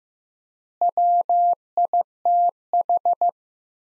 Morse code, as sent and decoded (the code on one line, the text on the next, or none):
.-- .. - ....
WITH